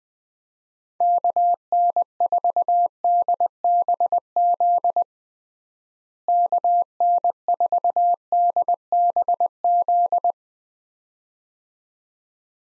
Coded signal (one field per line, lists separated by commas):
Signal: Morse code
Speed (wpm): 20 wpm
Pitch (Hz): 700 Hz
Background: none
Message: KN4DBZ KN4DBZ